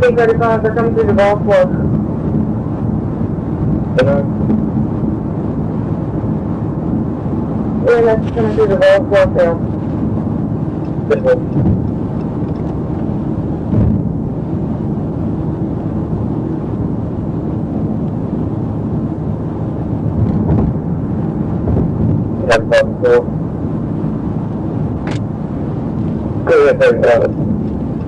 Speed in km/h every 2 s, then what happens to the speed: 122, 122, 122, 122, 122, 122, 122, 122, 122, 122, 122, 122, 122, 122.
0-28 steady at about 122.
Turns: none.